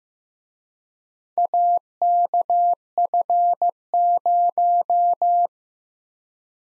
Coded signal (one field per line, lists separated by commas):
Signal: Morse code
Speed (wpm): 18 wpm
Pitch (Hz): 700 Hz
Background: none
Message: AKF0